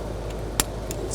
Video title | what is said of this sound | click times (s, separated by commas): How to Replace Fuel Tank Sending Unit 2006-2009 Mercedes-Benz E350 (3.5L V6) | snap in place and | 0.6 s